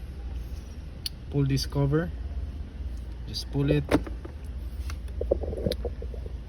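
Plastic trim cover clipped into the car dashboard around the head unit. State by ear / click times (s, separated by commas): released / 5.3 s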